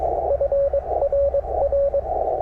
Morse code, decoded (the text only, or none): FRR